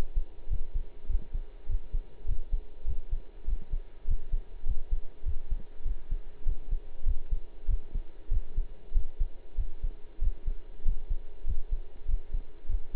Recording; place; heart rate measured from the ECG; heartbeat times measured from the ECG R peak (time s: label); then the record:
heart sounds by stethoscope; between the tricuspid and mitral areas; 98 bpm
0.49 s: heartbeat
1.08 s: heartbeat
1.68 s: heartbeat
2.27 s: heartbeat
2.86 s: heartbeat
3.46 s: heartbeat
4.06 s: heartbeat
4.65 s: heartbeat
5.25 s: heartbeat
5.84 s: heartbeat
6.45 s: heartbeat
7.05 s: heartbeat
7.67 s: heartbeat
8.30 s: heartbeat
8.93 s: heartbeat
9.57 s: heartbeat
10.20 s: heartbeat
10.84 s: heartbeat
11.46 s: heartbeat
12.07 s: heartbeat
12.68 s: heartbeat
From the record:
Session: pedaling a stationary bicycle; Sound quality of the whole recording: partially saturated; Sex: male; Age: 23 years